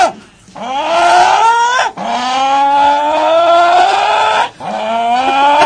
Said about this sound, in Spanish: Hay que gritar dentro de la lata, un vale. Poco agudo.